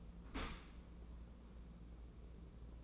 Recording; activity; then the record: daily activity, microphone in the room; open dishwasher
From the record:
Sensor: 1